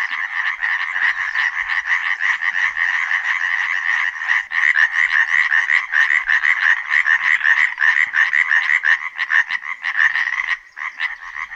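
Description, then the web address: European tree frog calling: a high, rapid, rattling trill that pulses continuously. Only native arboreal amphibian; large throat resonators amplify the voice, audible several kilometres away; calls from dusk through the night; a high, drawn-out trill, the loudest native amphibian voice. "Tajemnice puszczy Rzekotka drzewna"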